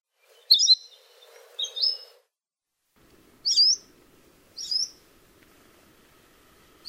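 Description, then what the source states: Anianiau giving sweet, high two-syllable call notes, several in a series with irregular pauses. Call notes, variable but soft and sweet in tone, most often of two or even three syllables.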